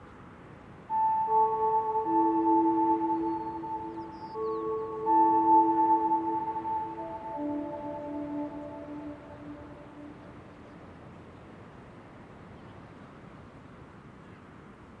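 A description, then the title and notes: A steady, even wash of sea sound fills a seaside cove on the Oregon coast. At about one second, sustained ringing tones enter, several pitches overlapping and shifting like a bowl or horn, then fade by around ten seconds, leaving only the constant surf. Recorded at Seaside Cove on The Oregon Coast.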